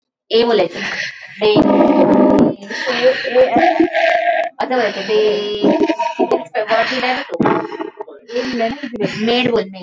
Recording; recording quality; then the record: deep breathing; moderate, slight background noise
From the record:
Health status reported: healthy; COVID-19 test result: not tested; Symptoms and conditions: none ticked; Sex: female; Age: 28 years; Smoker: not ticked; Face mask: not worn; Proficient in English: yes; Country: India